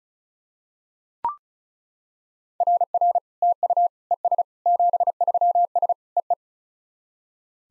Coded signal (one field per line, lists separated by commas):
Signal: Morse code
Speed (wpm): 35 wpm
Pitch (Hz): 700 Hz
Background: none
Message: RR TU ES 73S EE